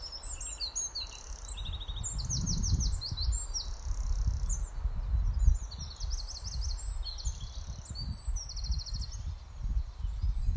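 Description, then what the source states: Bird song: high trilled and twittering phrases with rapid repeated notes throughout, over heavy low rumble. Meadow, recorded during lockdown.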